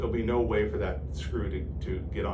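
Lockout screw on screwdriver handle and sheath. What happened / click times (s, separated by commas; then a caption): Handled, not yet home: no seating click heard / none. A man talks while a lockout screw is handled on a surgical screwdriver handle and sheath, with a retaining sleeve involved. Only speech is heard over a steady low hum, with no sharp sounds. Nothing has seated or clicked yet.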